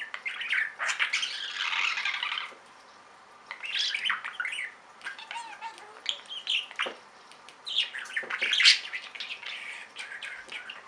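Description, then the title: Budgerigar chattering warble in scratchy, buzzy bursts, with a long burst early on, then short squeaks and clicks and another lively burst near the end. "Budgie Sounds"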